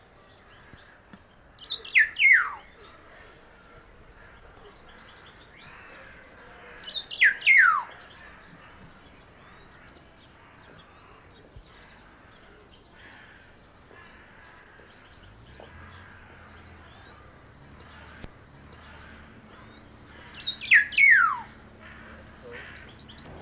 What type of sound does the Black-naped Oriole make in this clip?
song